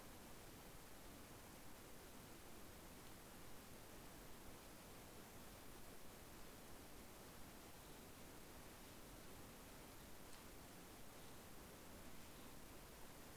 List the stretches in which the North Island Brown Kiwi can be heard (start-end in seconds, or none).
none